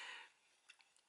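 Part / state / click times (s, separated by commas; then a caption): plastic insert piece into toy belt buckle rails / not seated / none. A plastic insert piece slides along two rails on a Super Terra Belt (2024 Re-Release) toy transformation belt buckle and falls through into place. A soft broadband hiss fades over the first 0.3 s, followed by a few faint ticks around 0.7, 0.8 and 1.0 s. Nothing has clicked or seated with a click.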